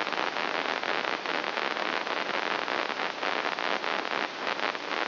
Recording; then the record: brain microelectrode recording played as sound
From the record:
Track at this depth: inside the subthalamic nucleus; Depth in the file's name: 3.818 mm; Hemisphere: left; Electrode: 3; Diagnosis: Parkinson's disease